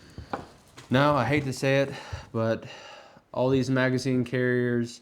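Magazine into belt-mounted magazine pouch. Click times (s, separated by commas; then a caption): 0.3 s. A rifle magazine is pushed into a belt-mounted nylon pouch with a Kydex polymer wedge insert and seats with a sharp, positive click at 0.3 s, held by the insert's friction. A softer knock follows at 0.8 s, then someone talks for the rest of the clip.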